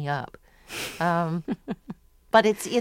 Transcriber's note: laughter